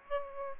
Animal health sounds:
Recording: mosquito wingbeat signal from an infrared sensor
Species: Aedes aegypti

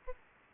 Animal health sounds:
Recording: mosquito wingbeat signal from an infrared sensor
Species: Aedes albopictus

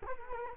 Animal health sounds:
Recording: mosquito wingbeat signal from an infrared sensor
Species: Culex quinquefasciatus

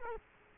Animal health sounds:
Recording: mosquito wingbeat signal from an infrared sensor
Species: Culex quinquefasciatus

